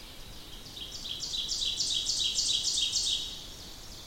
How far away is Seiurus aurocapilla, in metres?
about 30 m